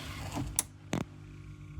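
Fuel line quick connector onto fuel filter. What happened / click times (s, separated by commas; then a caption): The plastic quick connector clicked home onto the fitting / 0.6 s. A plastic fuel line quick-connect coupling is pushed onto the nipple of a new fuel filter in the wheel arch of a Smart 452 Roadster. A sharp click at 0.6 s shows it has seated securely, and two fainter ticks follow near 0.9 and 1.0 s over a low background hum.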